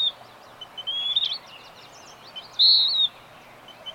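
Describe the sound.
Birdsong: a thin whistle early, then one loud drawn-out whistled note, with a few quick chirps and constant background hiss.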